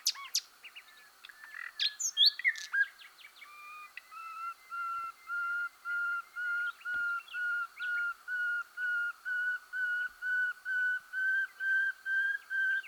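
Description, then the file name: Common nightingale: bird song in a brief burst of varied chirps, followed by a steady series of mellow whistled notes repeated about twice a second. "Luscinia megarhynchos"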